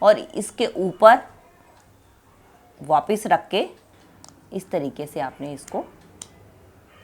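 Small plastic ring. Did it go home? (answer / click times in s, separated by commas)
no / none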